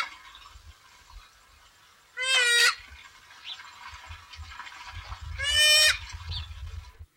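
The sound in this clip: Pukeko giving two loud, harsh screeches about three seconds apart, with faint background noise between them.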